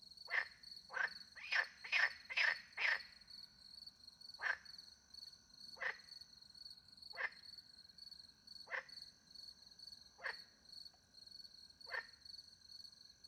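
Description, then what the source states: Frog calls, a quick burst of closely spaced notes at first, then slower single notes spaced farther apart, with crickets trilling constantly. Frogs with crickets at night in the French countryside near a little pond; microphones hidden in a tree; recorded with two Usi pro microphones into a Mixpre 10 II recorder.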